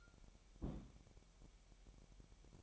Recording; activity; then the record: daily activity, microphone in the room; place on stove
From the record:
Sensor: 1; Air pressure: 1012.1 hPa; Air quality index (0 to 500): 219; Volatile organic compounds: 5 ppm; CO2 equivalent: 1749 ppm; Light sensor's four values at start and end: 66/156/65/67 and 66/156/65/67